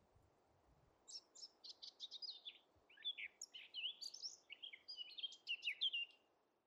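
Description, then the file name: Eurasian blackcap delivering a continuous warble of quick scratchy and whistled notes over a soft background hiss. "Sylvia atricapilla"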